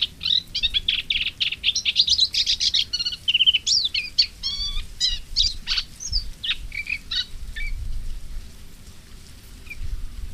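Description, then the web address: Moustached warbler song: a dense, fast run of varied chirps, trills and short whistled notes with sharp changes of pitch, easing into sparser phrases toward the end. "Madardalok Fülemülesitke"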